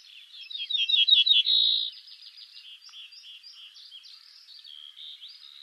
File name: Bruant ortolan